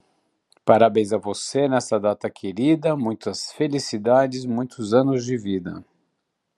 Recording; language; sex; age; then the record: short text; Brazilian Portuguese; male; 60 to 69 years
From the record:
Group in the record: control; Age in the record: 64 years